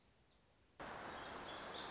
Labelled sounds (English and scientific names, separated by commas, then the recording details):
Black-throated Gray Warbler (Setophaga nigrescens)
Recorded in Sonoma County, California